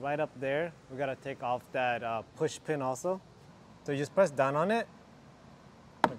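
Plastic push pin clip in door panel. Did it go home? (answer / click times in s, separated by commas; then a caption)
released / 6.0 s. Someone talks while pressing down on the center of a plastic push pin at the top of a 2022–2023 Toyota Tundra door panel to release it before pulling it out. After the talking stops, a single sharp click is heard at 6.0 seconds as the push pin clicks free and releases.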